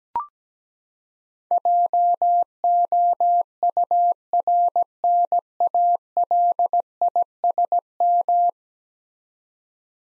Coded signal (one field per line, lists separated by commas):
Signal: Morse code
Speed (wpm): 17 wpm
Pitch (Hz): 700 Hz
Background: none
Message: JOURNALISM